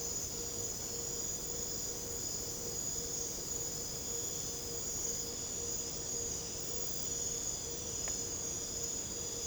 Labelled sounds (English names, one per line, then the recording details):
none
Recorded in secondary vegetation near Puerto Asís, Putumayo, Colombia, on 22 December 2024 at 00:00
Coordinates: 0.489, -76.322
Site G059